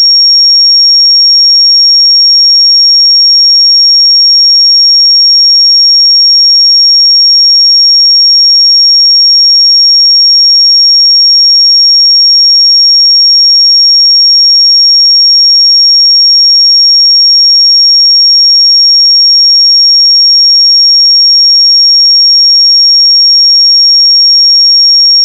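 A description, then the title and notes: A pure sine tone at 5559 Hz sounds steadily for the whole clip, a single thin, bright whistle with no change in pitch or loudness. Nothing else is present; the background is completely silent. 5559 Hz 1 Hz Interval Sine Pure Tone Frequency 441000 Sample Mono.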